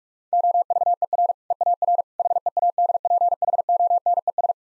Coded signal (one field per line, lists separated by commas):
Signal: Morse code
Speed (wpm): 45 wpm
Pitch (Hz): 700 Hz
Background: none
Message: OVER EAR HEADPHONES